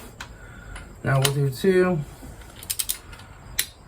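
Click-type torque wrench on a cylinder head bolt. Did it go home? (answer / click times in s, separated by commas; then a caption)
yes / 3.6 s. Someone talks while a click-type torque wrench tightens the second cylinder head bolt on a new head being installed in a 1999 Saturn SC1 1.9L SOHC, replaced because of oil in the coolant. A few quick ratcheting clicks sound around 2.6 to 2.9 s, then the wrench is pulled until it gives a sharp click at 3.6 s, reaching the set torque of 22.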